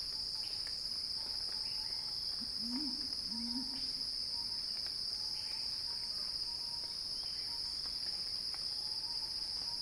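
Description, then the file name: Cicadas droning in a continuous shrill hum, with a short low wavering call. Cicada song described as a crescendo. "earth-fm Axel-Drioli Cicada-Crescendo-Sounding-Wild"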